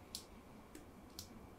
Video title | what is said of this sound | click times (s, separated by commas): Precision Machine Spindle Rebuilding - Part 3d Rebuilding the Non-Rebuildable Levin Headstock | can hear that. Hear that little click? Isn't it? Click. | 0.1 s, 1.2 s